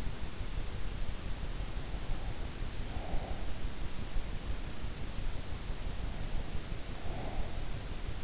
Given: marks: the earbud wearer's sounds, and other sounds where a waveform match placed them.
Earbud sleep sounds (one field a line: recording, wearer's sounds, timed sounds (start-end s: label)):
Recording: sounds in sleep by an in-ear microphone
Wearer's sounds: breath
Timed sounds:
2.48-4.08 s: breath
6.78-7.93 s: breath